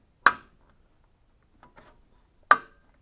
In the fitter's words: then push it into position, and you should hear 2 satisfying clicks, like